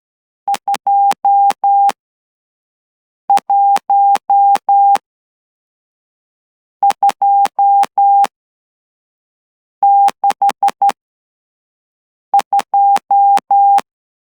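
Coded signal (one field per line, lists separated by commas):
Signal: Morse code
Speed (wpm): 12 wpm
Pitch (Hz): 800 Hz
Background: none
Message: 21262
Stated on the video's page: 12 WPM straight key sending practice for an amateur Morse exam, letters and numbers in 15 groups, using DAFCON SK-600 and another straight key through a CW player interface.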